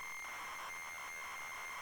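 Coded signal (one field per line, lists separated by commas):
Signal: ZX Spectrum tape loading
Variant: data block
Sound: harsh continuous buzzing screech of tape data with a steady high whine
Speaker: I bet it stores it as packets of data, does it not?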